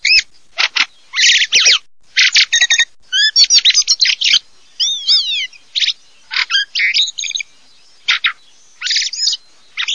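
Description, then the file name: Fieldfare calls: loud, rapid bursts of chattering and squeaky notes mixed with short rising and falling whistles, coming in irregular clusters with brief pauses. "CESENA"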